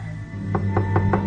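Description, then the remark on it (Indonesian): Four quick, evenly spaced knocks rap on a toilet stall door, sharp and moderately loud over a low, steady background hum. “Aku pun mengetuknya.”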